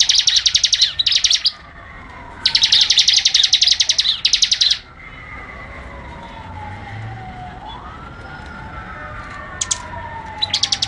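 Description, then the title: Bird song: two long runs of fast, high chirping pulses separated by a pause, then quiet with a soft sliding tone and a few closing chirps. "SuaraBurung Kicau1"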